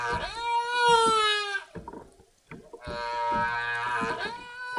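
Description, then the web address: Humpback whale song: a long, slowly falling harmonic moan, a brief gap with soft clicks, then a second steady tonal wail with strong overtones. "Epidemic Sound Albums. Whale Song Humpback"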